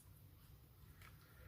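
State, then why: Not seated. The plastic battery door of an Akaso Brave 4 Pro action camera is picked up and lined up on the camera body after the battery goes in. Only quiet handling rustle and low background hum are heard, with a brief soft brushing sound around 1.0 s. The door has not snapped shut or clicked yet.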